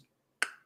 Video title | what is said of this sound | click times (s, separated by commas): Live From The Workbench | snapped right in there | 0.4 s